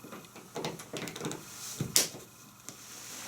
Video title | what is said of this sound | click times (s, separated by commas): C-FIX Repair Kit Installation | once you hear that click you know that the band is located properly | 2.0 s